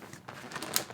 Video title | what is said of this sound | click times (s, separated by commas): Amaran Light Dome 90 Review - Is It Worth It? | when it has all snapped into place, this is what you get. | 0.8 s